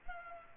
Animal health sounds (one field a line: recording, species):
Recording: mosquito wingbeat signal from an infrared sensor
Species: Culex pipiens